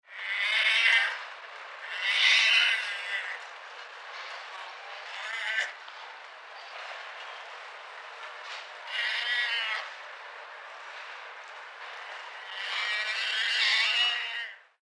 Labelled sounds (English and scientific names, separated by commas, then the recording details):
Striped Hyaena (Hyaena hyaena)
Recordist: Tembrock, Günter
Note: Rufe bei Annäherung